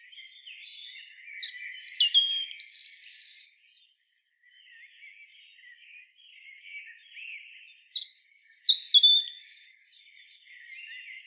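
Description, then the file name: European robin singing: two phrases of thin, high, tumbling notes mixing sharp whistles and fast trills, separated by a brief pause, with soft warbled passages in between. "Erithacus rubecula"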